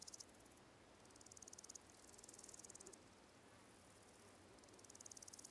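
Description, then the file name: Cicada giving high rasping buzzes in bursts of about half a second to a second and a half, separated by short gaps. Countryside ambience with quiet fields, slow cicadas close by; spatial audio. "Ambience, Countryside, Quite Fields, Slow Cicadas, Close, Fly"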